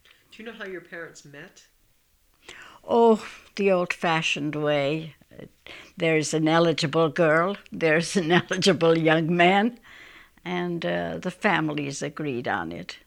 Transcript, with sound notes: Do you know how your parents met?
Oh, the old fashioned way. There's an eligible young girl. (she laughs) There's an eligible young man. And the families agreed on it.